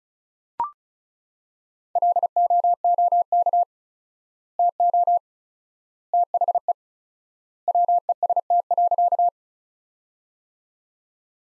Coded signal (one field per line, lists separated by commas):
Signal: Morse code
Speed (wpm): 36 wpm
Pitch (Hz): 700 Hz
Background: none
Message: LOOK TO THE WEST.